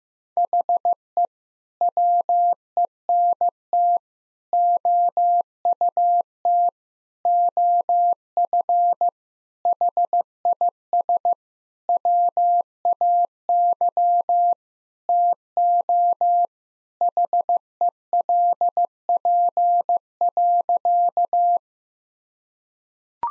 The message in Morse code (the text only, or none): HE WENT OUT OF HIS WAY TO HELP.